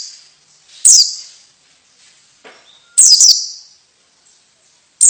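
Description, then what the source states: White-eye calls, three sharp high chirps with short trailing tails, spaced about two seconds apart. Female bird.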